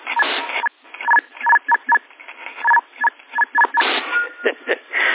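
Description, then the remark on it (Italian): A CB radio beep tone from a CRT 7009 radio, one of its five beeps and the shortest: a quick series of short, mid-pitched electronic beeps in uneven bursts over a bed of hissing, band-limited radio static, with no voices. “Questo è il bip più bello. E anche il più corto, diciamo.”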